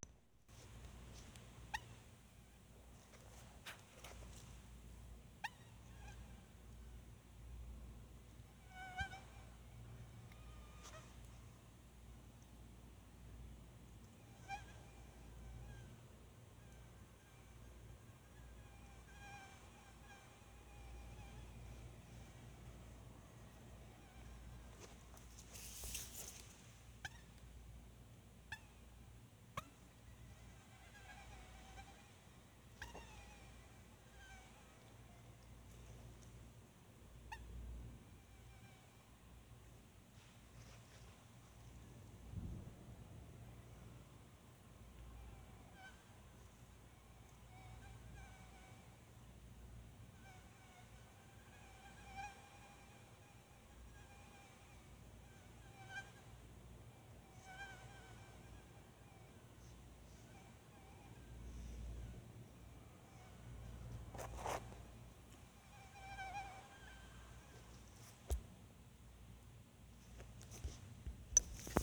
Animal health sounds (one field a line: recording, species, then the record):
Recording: mosquito flight sound by mobile phone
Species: Anopheles farauti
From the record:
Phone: Sony Xperia